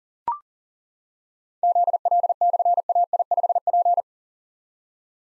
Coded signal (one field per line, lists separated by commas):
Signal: Morse code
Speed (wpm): 41 wpm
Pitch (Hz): 700 Hz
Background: none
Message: ZL/AI5P